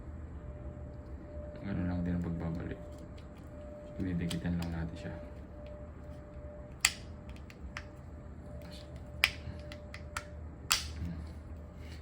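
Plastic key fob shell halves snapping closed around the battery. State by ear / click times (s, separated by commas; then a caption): seated / 6.9 s, 9.2 s, 10.7 s. The two plastic halves of a 2020 Nissan Terra car key fob shell are pressed together around the newly replaced coin battery while someone talks. Sharp pops are heard at 6.9 s, 9.2 s and 10.7 s, and the popping means the shell has locked shut.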